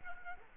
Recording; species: mosquito wingbeat signal from an infrared sensor; Culex quinquefasciatus